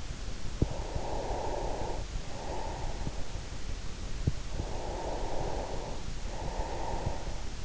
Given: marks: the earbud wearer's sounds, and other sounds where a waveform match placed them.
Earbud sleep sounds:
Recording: sounds in sleep by an in-ear microphone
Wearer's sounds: breath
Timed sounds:
0.51-3.62 s: breath
4.53-7.65 s: breath

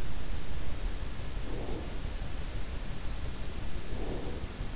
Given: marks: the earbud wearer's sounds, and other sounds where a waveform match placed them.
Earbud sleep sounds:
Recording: sounds in sleep by an in-ear microphone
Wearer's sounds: breath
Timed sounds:
1.48-1.93 s: breath
3.97-4.52 s: breath

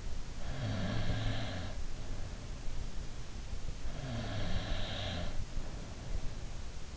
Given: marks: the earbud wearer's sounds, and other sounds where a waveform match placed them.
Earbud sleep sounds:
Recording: sounds in sleep by an in-ear microphone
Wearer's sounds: snoring breath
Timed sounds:
0.44-2.75 s: snoring breath
3.91-6.25 s: snoring breath

